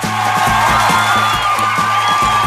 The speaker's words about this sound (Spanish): Pongo los aplausos a los que hayáis acertado. Claro.